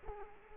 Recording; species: mosquito wingbeat signal from an infrared sensor; Culex quinquefasciatus